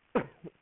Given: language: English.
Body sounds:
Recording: throat vibration sensor signal played as sound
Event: cough

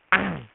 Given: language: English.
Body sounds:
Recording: throat vibration sensor signal played as sound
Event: throat clearing

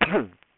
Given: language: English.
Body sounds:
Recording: throat vibration sensor signal played as sound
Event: cough

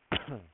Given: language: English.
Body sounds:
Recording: throat vibration sensor signal played as sound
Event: cough

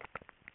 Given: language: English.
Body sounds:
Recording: throat vibration sensor signal played as sound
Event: swallow

